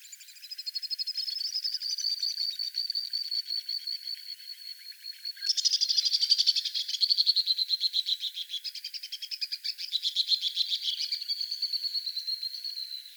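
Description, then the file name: White-throated swift giving extended shrill rapid trills in several bursts, swelling and fading in loudness. Dated 030506. "WTSW 2 deviche"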